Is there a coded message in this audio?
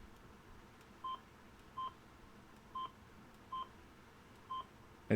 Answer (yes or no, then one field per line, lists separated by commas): no